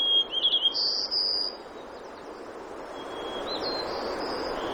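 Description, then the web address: White-crowned sparrow song: a whistled opening, a fluttering trill and a high buzzy note, then a fainter whistled phrase later, over constant rushing background noise. Denali, Alaska, 3 June 2012, at 02:09. "alaska acoustic highlights BIRDS DENASAN 3 20120603 020932 White-Crowned"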